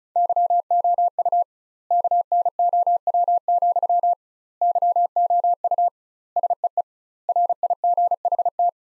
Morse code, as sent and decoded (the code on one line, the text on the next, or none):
-.-- --- ..- / -.- -. --- .-- --..-- / -.-- --- ..- / ... . . / .-. .. --. .... -
YOU KNOW, YOU SEE RIGHT